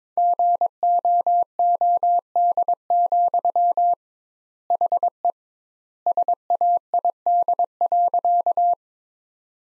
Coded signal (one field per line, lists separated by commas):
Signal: Morse code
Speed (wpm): 22 wpm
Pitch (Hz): 700 Hz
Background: none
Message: GOOD, HE SAID.